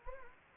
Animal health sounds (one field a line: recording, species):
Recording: mosquito wingbeat signal from an infrared sensor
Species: Anopheles gambiae